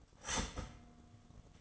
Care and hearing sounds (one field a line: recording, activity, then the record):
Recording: daily activity, microphone in the room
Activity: start toaster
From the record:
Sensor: 4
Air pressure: 1015.5 hPa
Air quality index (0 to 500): 196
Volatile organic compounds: 9 ppm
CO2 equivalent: 2188 ppm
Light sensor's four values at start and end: 4/8/3/3 and 4/8/3/3